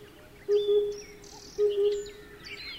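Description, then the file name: Oriental cuckoo giving low, hollow double hoots, two pairs about a second apart and the start of a third, with thin high chirps from other birds above. "tsutsudori"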